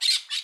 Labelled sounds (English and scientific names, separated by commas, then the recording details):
Brown-throated Parakeet (Eupsittula pertinax) contact call
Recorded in Curacao
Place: Hoffi Jan Thiel
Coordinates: 12.094, -68.877